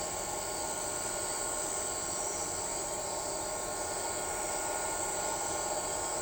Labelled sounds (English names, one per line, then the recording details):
none
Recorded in shrubland near Pivijay, Magdalena, Colombia, on 14 April 2023 at 00:00
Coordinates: 10.453, -74.365
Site P5-G022